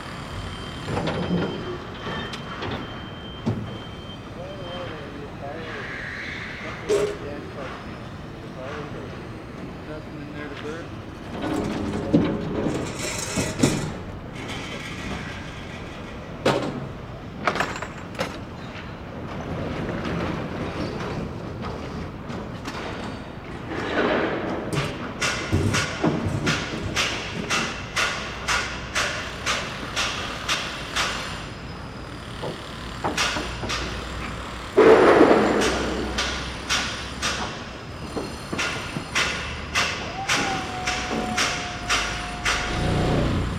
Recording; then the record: background sound without coughing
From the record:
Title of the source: 30 MINUTES Construction Site Ambience (CC BY 4.0)